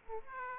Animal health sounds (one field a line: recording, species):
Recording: mosquito wingbeat signal from an infrared sensor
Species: Aedes aegypti